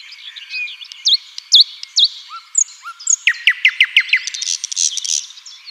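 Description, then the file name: Common nightingale song: clear whistles, then loud downslurred notes, a few low slurs, and a fast run of repeated notes ending in a buzzy flourish. "Luscinia megarhynchos"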